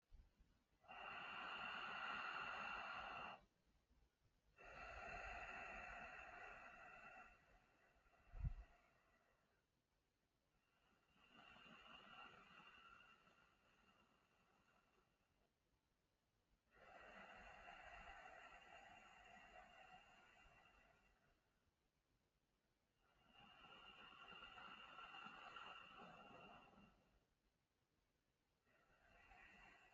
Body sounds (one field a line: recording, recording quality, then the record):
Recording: deep breathing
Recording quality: excellent, no background noise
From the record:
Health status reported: healthy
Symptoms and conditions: none ticked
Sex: male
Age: 59 years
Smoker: not ticked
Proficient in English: yes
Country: India